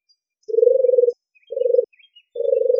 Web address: Streptopelia turtur